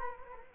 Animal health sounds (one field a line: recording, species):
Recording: mosquito wingbeat signal from an infrared sensor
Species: Culex quinquefasciatus